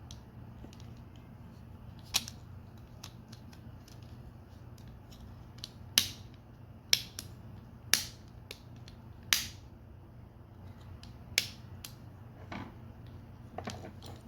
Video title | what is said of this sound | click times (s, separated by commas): Edoggz Reviews: Transformers A.O.T.P. Sideways- UNBOXING | I mean, there's a click like it wants to pop in there, but it's not locked in. | 6.0 s, 6.9 s, 7.9 s, 9.3 s, 11.4 s